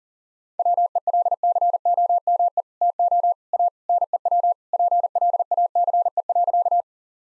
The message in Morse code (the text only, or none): WELCOME TO A NEW PLACE.